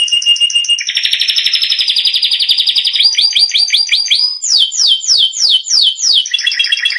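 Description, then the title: Canary song opening with a whistled note, then a dense buzzy trill, a run of rising sweeps, and repeated downslurred notes, all continuous and bright. Canary singing prolifically (gacor) with full, varied song (full isian); masteran training recording for caged lovebirds, white-rumped shamas (murai batu), canaries and green leafbirds (cucak ijo). "Masteran Kenari Gacor Full Isian Untuk Lovebird, Murai Batu, Kenari, Cucak Ijo"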